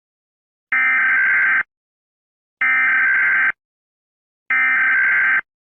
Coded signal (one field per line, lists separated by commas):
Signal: Emergency Alert System (SAME) tones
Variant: header bursts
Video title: EAS Scenario #1: ATOP/APATO